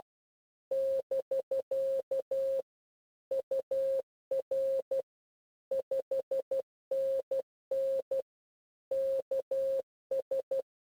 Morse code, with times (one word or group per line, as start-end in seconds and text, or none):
0.7-2.6 <BK>
3.3-5.0 UR
5.7-8.2 5NN
8.9-10.6 KS